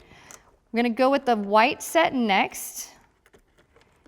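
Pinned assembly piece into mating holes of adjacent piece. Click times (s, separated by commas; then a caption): 0.3 s. An assembly piece with small pins is pushed onto the mating holes of the opposite piece and clips into position with a single sharp click at 0.3 s. Someone then talks, followed by a few faint taps.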